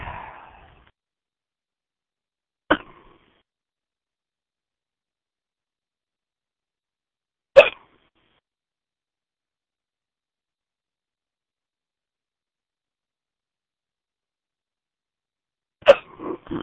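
Slow hiccups in an adult: three sharp, isolated hiccups spaced several seconds apart, attributed to tiredness.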